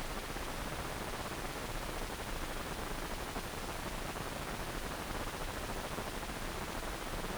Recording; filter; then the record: brain microelectrode recording played as sound; wide band, above 20 Hz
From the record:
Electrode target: subthalamic nucleus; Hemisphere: right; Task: reaching with the left hand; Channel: 1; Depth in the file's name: 1.506 mm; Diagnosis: Parkinson's disease